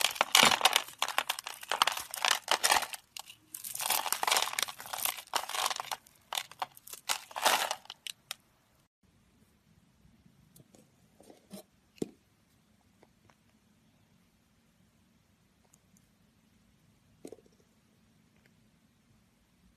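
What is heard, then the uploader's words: Soap carving: dense bursts of scraping and crumbly cutting fill the first eight seconds, bright and gritty with short pauses. After that it goes quiet, with a low steady hum and a few isolated clicks near twelve and seventeen seconds. This episode of the White Noise Podcast is SOAP CARVING.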